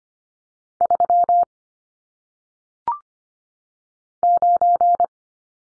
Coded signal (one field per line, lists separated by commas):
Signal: Morse code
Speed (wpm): 25 wpm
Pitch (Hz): 700 Hz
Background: none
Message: 3 9